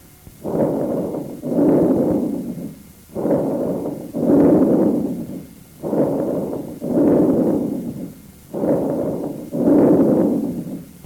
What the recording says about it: Over the right infraclavicular and interscapular regions, we hear bronchovesicular breath sounds. A rustling quality like vesicular sounds, but are harsher, expiration is prolonged, and there is no gap between inspiration and expiration.